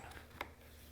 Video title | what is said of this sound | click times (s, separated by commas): How to Install Cabinet Doors | snaps in place there's a stop on it so that you get a cup hole and not a ventilation hole | 0.4 s